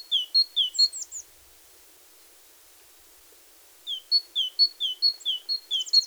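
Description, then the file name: Great tit song of see-sawing high and lower whistled notes, a short burst, then silence, then a longer run with a few thin high notes mixed in. "Parus major"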